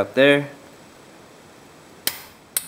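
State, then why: Torque reached. Someone talks briefly, then a torque wrench tightening a wheel hub bearing mounting bolt gives sharp metallic clicks at its set torque at 2.1 s and 2.6 s. The bolt is confirmed torqued.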